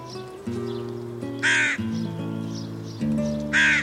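Hooded Crow cawing twice, coarse grating notes separated by about two seconds, with sustained musical tones underneath.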